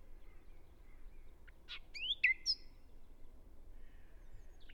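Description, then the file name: Common nightingale song fragment: a short burst of sharp whistled and clicking notes in the first half, then a faint note near the end, over background noise. "Luscinia megarhynchos"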